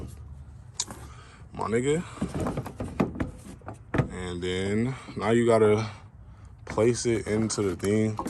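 A wiring harness connector is pushed into the socket of a replacement blackout headlight assembly on a 2nd gen Dodge Charger RT, after first being held upside down. It seats with a sharp click at 0.8 s, followed by a few lighter knocks and taps. Someone talks throughout.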